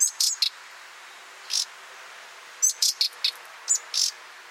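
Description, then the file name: Common nightingale calling with clusters of short, hard tacking notes mixed with brief high whistles, given irregularly in quick groups. "Luscinia megarhynchos"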